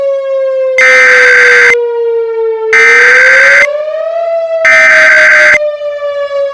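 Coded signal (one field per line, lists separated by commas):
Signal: Emergency Alert System (SAME) tones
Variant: header bursts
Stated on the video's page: Fictional EAS scenario made with Audacity and text-to-speech software.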